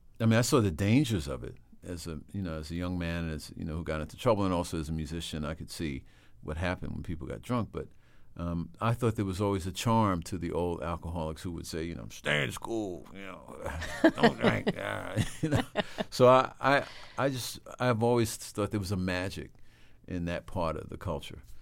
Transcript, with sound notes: I saw the dangers of it as a - you know, as a young man that's - you know, who got into trouble, and also as a musician, I could see what happened when people got drunk. But I thought there was always a charm to the old alcoholics who would say, you know, stay in school, you know...
(Laughter).
Don't drink. You know? So I just - I've always thought there was a magic in that part of the culture.